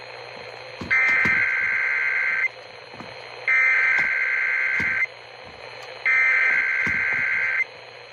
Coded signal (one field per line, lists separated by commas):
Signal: Emergency Alert System (SAME) tones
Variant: header bursts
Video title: EAS 1252-1253: KDKA EAS TEST